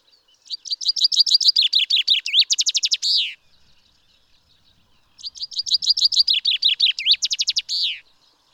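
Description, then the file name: Common chaffinch sings two complete songs about five seconds apart, each a quick run of descending notes accelerating into a tighter trill and closing with a slurred terminal flourish. "Fringilla coelebs"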